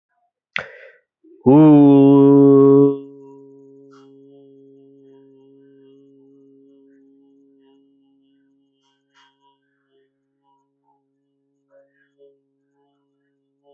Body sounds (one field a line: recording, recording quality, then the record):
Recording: sustained vowel as in boot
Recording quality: moderate, slight background noise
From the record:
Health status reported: healthy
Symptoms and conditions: none ticked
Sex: male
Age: 23 years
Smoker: not ticked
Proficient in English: yes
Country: India